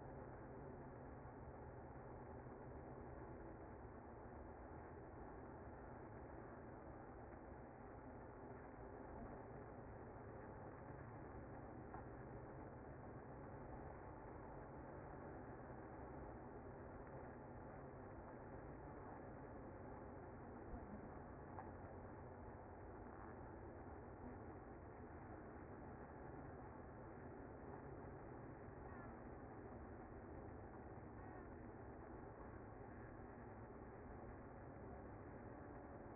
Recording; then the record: honeybee colony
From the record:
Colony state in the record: active